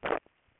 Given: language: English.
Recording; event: throat vibration sensor signal played as sound; swallow